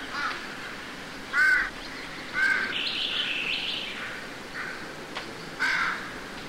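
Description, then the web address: Crow giving several harsh caws at irregular intervals. Recorded in woods, with leaves. "The Ridges Sanctuary. crows"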